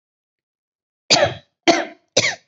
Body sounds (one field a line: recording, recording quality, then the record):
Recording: shallow voluntary cough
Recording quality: excellent, no background noise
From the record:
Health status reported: healthy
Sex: female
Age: 32 years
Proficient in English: yes